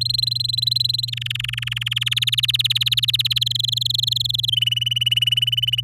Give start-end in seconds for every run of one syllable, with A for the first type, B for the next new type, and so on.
0.01-1.10 A, 1.12-2.09 B, 2.11-3.39 C, 3.41-4.50 D, 4.52-5.81 E